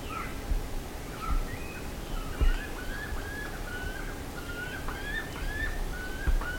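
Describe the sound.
Bird calls: thin whistled notes, faint at first, then a busier run of short slurred whistles, with a few low thumps and continuous low-pitched noise.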